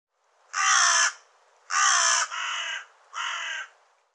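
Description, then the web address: Bird calling, four harsh caw-like notes, the first two loud, the last two softer, the third following the second almost without a pause. "cianscape birddata Deverinetal 2025 File cleaned normalized Bird"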